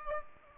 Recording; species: mosquito wingbeat signal from an infrared sensor; Aedes aegypti